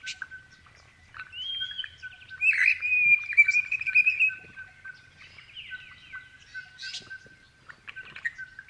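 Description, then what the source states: Grey-fronted honeyeaters chirping: a squeaky chattering run and slurred notes in the middle, over a steady thin high tone. Several grey-fronted honeyeaters chirping.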